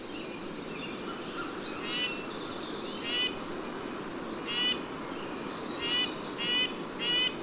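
Bird chirps, buzzy and harmonic, come in loose groups with high clicks and whistles over a steady hiss.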